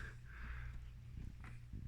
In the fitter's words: and you can feel it kind of pop into place go to the rear where that screw is sitting